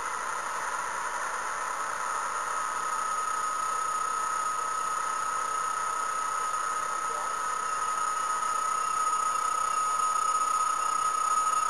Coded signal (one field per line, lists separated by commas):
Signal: PSK31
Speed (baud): 31.25 baud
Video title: kc6l qso with n7lmv